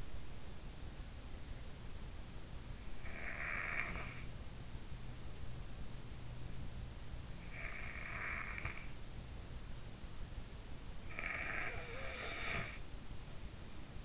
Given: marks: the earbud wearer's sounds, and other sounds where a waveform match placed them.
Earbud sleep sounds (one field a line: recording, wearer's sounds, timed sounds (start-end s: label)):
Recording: sounds in sleep by an in-ear microphone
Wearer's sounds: snoring breath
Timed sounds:
2.19-4.65 s: snoring breath
7.10-9.56 s: snoring breath
10.36-13.28 s: snoring breath